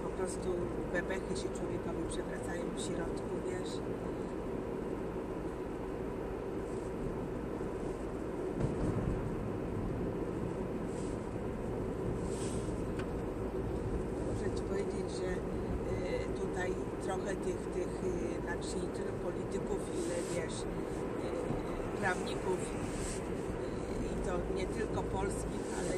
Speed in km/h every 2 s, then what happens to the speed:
50, 51, 50, 51, 50, 50, 49, 49, 49, 51, 51, 50, 48.
0-26 steady at about 50.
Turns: none.